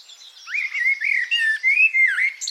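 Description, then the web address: Bird song: a short continuous warble of looping whistled notes that rise and fall, over faint background chatter. "cianscape birddata Deverinetal 2025 Bird Only"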